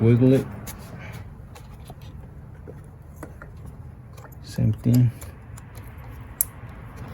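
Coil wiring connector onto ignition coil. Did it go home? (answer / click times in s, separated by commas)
yes / 6.4 s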